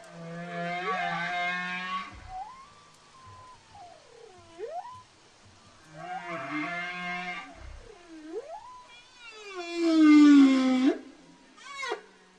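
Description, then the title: Whale calls in a varied series: harsh overtone-rich bursts alternate with swooping moans that dip and rise, ending in a loud low groan and a brief upsweep. Whales at Península Valdés. "Ballenas PenÃnsula ValdÃ©s"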